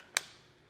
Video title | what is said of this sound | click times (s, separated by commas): May 1, 2026 | till it kind of clicks into place. | 0.2 s